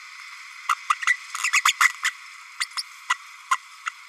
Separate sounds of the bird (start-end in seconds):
0.69-0.75, 0.89-0.94, 1.64-1.73, 1.80-1.93, 2.04-2.10, 2.60-2.65, 2.77-2.83, 3.09-3.17, 3.51-3.58, 3.86-3.89